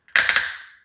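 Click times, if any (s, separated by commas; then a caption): 0.2 s. The filter cover of a Dyson Ball Multi Floor 2 vacuum is put back on its ball housing and turned clockwise until it gives a ratcheting click like a car gas cap. A faint tick comes first, then a sharp click at 0.2 s followed by two lighter clicks, with a bright ringing tail that fades out by the end. The cover is turned tight.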